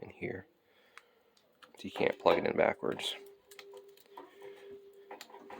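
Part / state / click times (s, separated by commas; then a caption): high-voltage power plug into ECM blower motor module / seated / 5.1 s, 5.2 s. A keyed plastic high-voltage power plug is pushed into the socket of an ECM blower motor module on a Carrier blower motor being repaired for fault 41. Someone talks over scattered small handling clicks and a steady low hum. The connector snaps into place with two clicks at 5.1 and 5.2 seconds, and it is seated.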